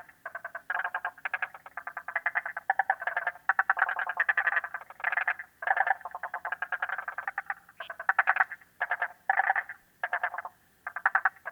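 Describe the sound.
Frogs croaking in rough, buzzy pulsed bursts, coming in uneven groups with short pauses between them.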